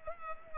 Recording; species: mosquito wingbeat signal from an infrared sensor; Culex pipiens